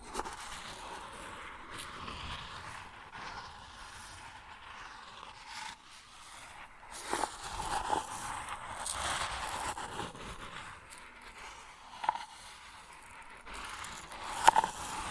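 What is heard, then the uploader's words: Grain shifts and rustles in a dense, continuous hiss of tiny scraping particles, mostly bright with little low end. The texture stays fairly even, broken by brief louder scrapes and crackles around 7, 8 and 12 seconds and a sharper burst near 14 seconds. ASMR Grain Sounds (No Talking).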